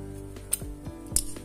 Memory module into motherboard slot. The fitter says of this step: ada bunyi pada saat kita tekan, ada bunyi kliknya.